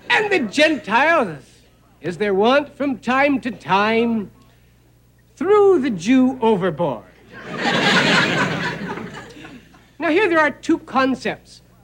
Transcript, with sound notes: And the gentiles, as they would, from time to time, threw the Jew overboard. (Soundbite of laughter) Now here there are two concepts